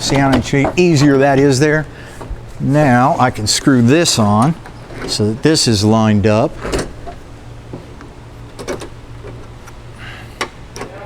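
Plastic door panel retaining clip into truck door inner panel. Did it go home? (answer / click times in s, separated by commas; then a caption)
yes / 10.4 s. A plastic door panel retaining clip on a 1973-87 Chevy/GMC Squarebody truck is pressed into the truck's inner door after the panel is lined up over the handle. Someone talks for the first several seconds, then small handling knocks are heard before the clip gives a sharp snap at 10.4 s and seats in the door.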